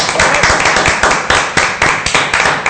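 Loud, dense applause from a crowd, a steady wash of clapping with sharper claps punching through at a fairly regular rhythm, filling the whole stretch without any talking.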